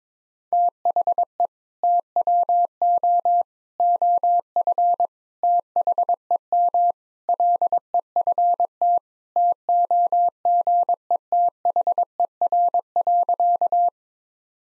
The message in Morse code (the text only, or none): THE TWO OF THEM LEFT TOGETHER.